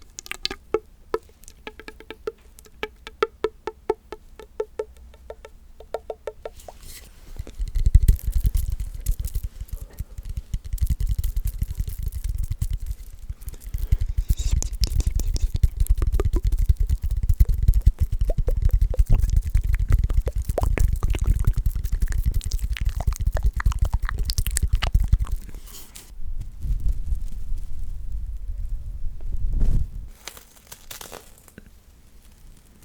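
Shaving foam being worked over a microphone, starting with quick sparse clicks and crackles for about seven seconds. Then a dense, low, squelching rustle takes over, swelling and easing with bright crinkling bursts, quieting near 26 seconds before a final loud surge around 30.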